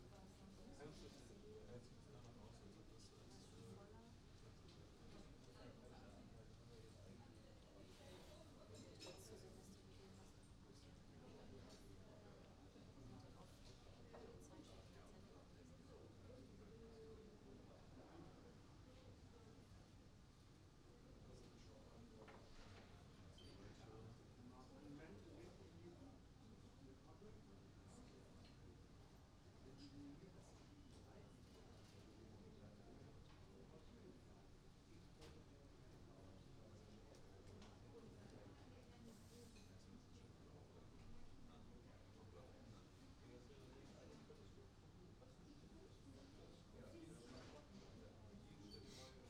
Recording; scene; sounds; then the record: everyday scene through a hearing-aid microphone; many people talking; many voices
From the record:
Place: university cafeteria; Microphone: in the ear canal, right